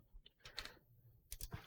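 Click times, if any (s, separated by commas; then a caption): none. A desktop RAM stick is pressed into its motherboard DIMM slot and re-seated after one side's latch fails to click, giving brief plastic-sounding taps and scrapes around 0.5–0.7 s and 1.3–1.5 s. Nothing has clicked or seated yet; that side's latch still has not clicked into place.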